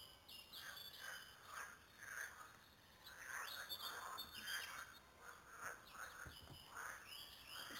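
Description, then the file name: Frog chorus of overlapping pulsed croaking notes in irregular bursts, with faint high chirping and a few low knocks near the end. Frogs recorded at Lüssow. "luessow froesche"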